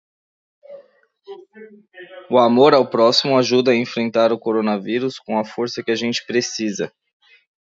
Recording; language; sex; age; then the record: spoken sentence; Brazilian Portuguese; male; 30 to 39 years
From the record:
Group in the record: control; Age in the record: 32 years